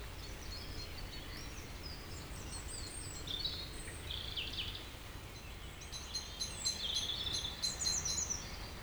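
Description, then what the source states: Birds singing: faint high chirps and short whistles at first, then a brighter rapid chattering song in the last few seconds, with steady low background noise. Evening village birds in Tregastel bourg, Pleumeur-Bodou, France; around 8 pm, humid weather, April 2019; recorded with MKH 8040 ORTF pair, Rycote, Zoom H5.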